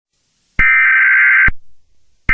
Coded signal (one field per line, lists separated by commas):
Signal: Emergency Alert System (SAME) tones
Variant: header bursts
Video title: EAS Scenario #5: The Night Of The Yanderes (7 Subscriber Special)